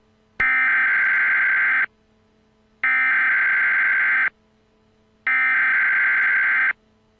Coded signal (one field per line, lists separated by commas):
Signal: Emergency Alert System (SAME) tones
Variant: header bursts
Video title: top 10 emergency alert system alerts you never wanna see